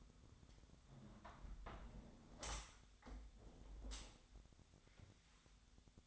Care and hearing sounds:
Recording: daily activity, microphone in the room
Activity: close window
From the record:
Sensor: 3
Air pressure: 1006.6 hPa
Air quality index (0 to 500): 208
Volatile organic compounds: 19 ppm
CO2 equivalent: 2660 ppm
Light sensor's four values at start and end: 10/25/10/10 and 10/24/10/10

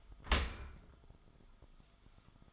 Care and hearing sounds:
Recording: daily activity, microphone in the room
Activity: open dishwasher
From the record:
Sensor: 5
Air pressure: 1004.7 hPa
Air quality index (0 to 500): 91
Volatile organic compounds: 2 ppm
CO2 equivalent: 1102 ppm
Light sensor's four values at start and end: 33/75/30/30 and 33/76/31/30

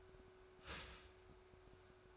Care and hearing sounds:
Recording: daily activity, microphone in the room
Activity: start toaster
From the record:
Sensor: 2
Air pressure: 1014.6 hPa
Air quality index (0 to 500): 196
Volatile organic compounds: 20 ppm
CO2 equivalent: 2690 ppm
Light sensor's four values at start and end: 4/9/3/3 and 4/9/3/3

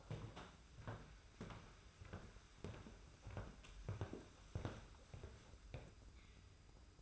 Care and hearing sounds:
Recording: daily activity, microphone in the room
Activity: walk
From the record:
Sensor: 2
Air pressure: 991.5 hPa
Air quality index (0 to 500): 187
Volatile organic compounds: 1000 ppm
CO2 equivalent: 6106 ppm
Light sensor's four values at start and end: 30/91/35/34 and 22/71/28/27

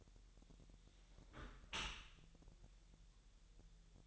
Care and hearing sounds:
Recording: daily activity, microphone in the room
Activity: close dishwasher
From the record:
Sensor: 3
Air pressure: 1000.5 hPa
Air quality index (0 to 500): 248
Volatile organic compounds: 172 ppm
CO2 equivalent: 4113 ppm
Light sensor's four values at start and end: 11/26/11/10 and 11/26/11/10

